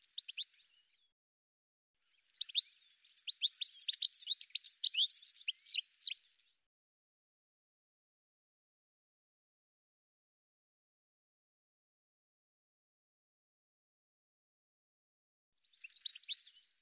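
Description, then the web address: Bird song: a few notes at the start, a dense, rapid four-second run of high chirps and trills, a long silent stretch, then a softer burst of twittering at the end. "cianscape birddata"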